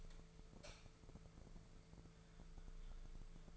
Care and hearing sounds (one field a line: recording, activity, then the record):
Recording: daily activity, microphone in the room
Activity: light on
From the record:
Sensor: 5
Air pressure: 1014.8 hPa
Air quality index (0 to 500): 170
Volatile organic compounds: 6 ppm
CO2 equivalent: 1871 ppm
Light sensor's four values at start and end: 55/132/53/55 and 56/137/55/57